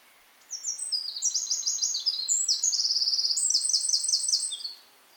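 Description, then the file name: Eurasian wren song: a rapid, high-pitched outpouring of shrill trills and clipped notes lasting about four seconds, with quick ringing rattles in the middle, over quiet background hiss. "Troglodytes troglodytes"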